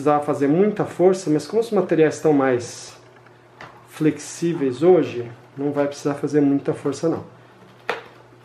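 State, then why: Not seated. While someone talks, a plastic locking tab on the rear housing of a Mondial 40 cm six-blade fan is pressed into place, with a short sharp tap near 7.9 s. The tab has not clicked in; the clip has not seated yet.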